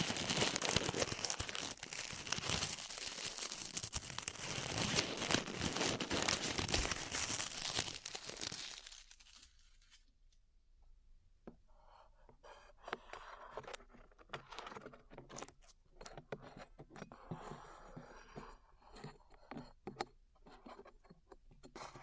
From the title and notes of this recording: ASMR Peeling Glue Off Your Ears (No Talking).